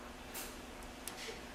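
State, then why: Seated. A display cable connector is pressed onto the back of a new LCD panel during a Toshiba Satellite C55-A5300 laptop screen replacement, handled so as not to touch the panel's plastic. Faint rustling handling noise leads up to one sharp, brief snap at 1.1 s. The connector is seated.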